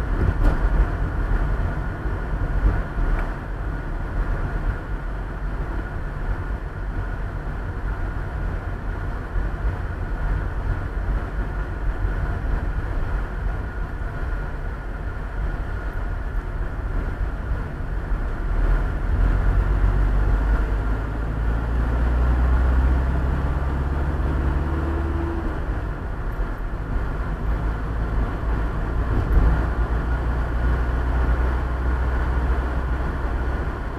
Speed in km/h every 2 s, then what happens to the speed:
37, 35, 34, 33, 29, 26, 21, 19, 19, 24, 31, 38, 42, 43, 47, 49, 50.
0-13 slows to 19. 16-34 speeds up to 50.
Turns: none.